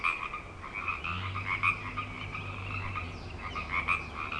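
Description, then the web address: Frogs calling in a dense chorus, many overlapping pulsed trills swelling and fading. Frog chorus on Grafton Lake, recorded 3 May 2009. "The Frog Chorus Tunes Up On Grafton Lake frogs 090503"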